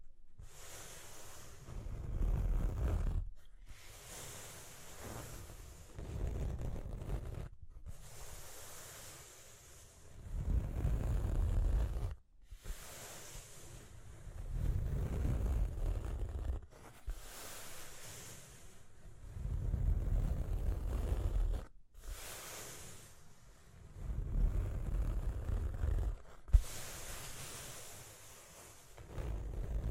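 Scratching comes in rough, rumbling passes of about four to five seconds, each broken off by a short silence, at roughly regular intervals. The sound is heavy in the low end with a hissy top, swelling and fading within each pass, with one sharp tap near the end.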